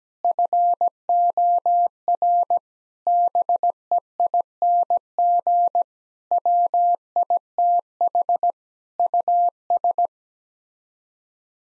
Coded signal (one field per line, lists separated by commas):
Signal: Morse code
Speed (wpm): 17 wpm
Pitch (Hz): 700 Hz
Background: none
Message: FOR BEING WITH US